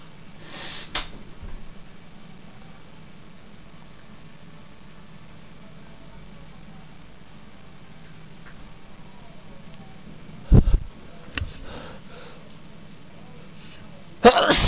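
A short, hissing, explosive burst of air near the start is followed by a long quiet stretch, then sharper bursts near the end. The pattern fits a single sneeze from an adult, with its forceful expulsive release, plus later brief noises.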